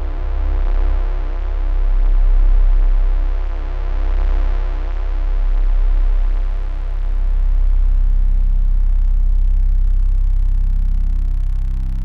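Complex, layered tones stack into a dense, unusual cluster of overtones that holds steady for the whole twelve seconds. A heavy low drone sits underneath, while the upper layers shimmer and beat slowly. Loudness swells gently and dips without ever stopping.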